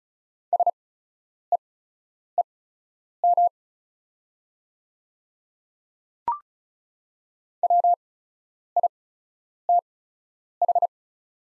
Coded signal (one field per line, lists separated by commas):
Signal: Morse code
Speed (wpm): 34 wpm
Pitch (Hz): 700 Hz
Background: none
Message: SEEM WITH